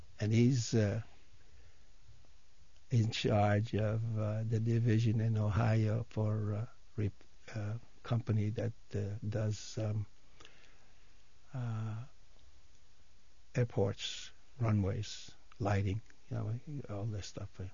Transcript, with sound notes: and he's in charge of the division in Ohio for the company that does (he pauses) airports, runways, lighting, you know, all that stuff.